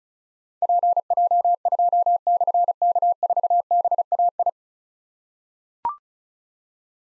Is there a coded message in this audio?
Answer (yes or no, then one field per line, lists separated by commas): yes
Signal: Morse code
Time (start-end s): 0.6-4.5 s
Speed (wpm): 36 wpm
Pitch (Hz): 700 Hz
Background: none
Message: PJ2/K4BAI